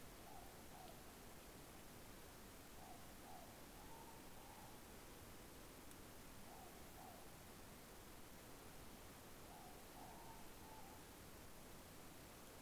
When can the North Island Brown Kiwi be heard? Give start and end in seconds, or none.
none